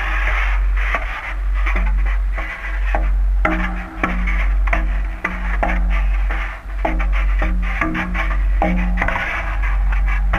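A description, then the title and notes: A steady, deep low tone hums beneath everything, unchanging for the whole ten seconds. Over it comes an uneven run of scrapes, thumps and scratches, like cutlery dragged on polystyrene, striking irregularly about once a second with bright, gritty edges and short sustained squeaks. A looming, out-of-phase low sine wave, an awkward scrape/thump/scratch arhythm made of cutlery & polysterene. The processing is reletively light, but definite - a little granular delay adn reverb, a little phasing; f i l t r a t i o n of various levels.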